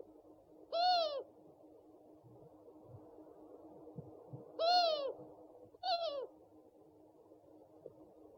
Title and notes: Sovy - Eulen - Owls. 69 variant hlasů - 11 druhů sov